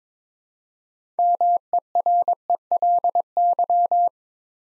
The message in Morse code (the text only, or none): MERELY